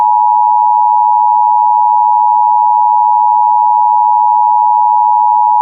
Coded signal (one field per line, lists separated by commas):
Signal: Emergency Alert System (SAME) tones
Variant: 853 and 960 Hz attention tone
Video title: Massachusetts’ RWT - 12/17/2025 (EAS #204)